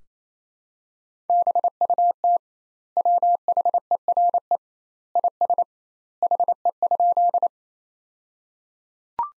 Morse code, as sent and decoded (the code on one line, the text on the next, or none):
-... ..- - / .-- .... . .-. . / .. ... / .... . ..--..
BUT WHERE IS HE?